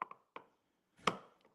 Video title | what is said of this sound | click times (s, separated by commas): Cool new stuff to show you! | all right that snapped into place a little bit | 1.1 s